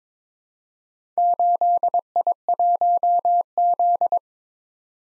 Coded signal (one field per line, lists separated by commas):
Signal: Morse code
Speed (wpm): 22 wpm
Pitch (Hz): 700 Hz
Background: none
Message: 8I1Z